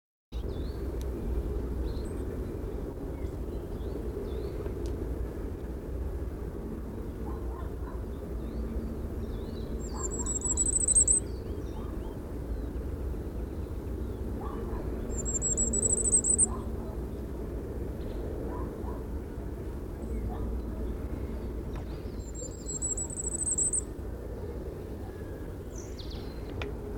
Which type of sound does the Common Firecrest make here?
song